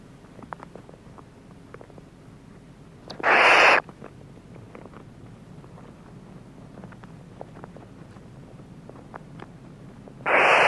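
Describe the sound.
Barn owl producing two harsh, hissing screeches about seven seconds apart, with faint ticking background noise between them.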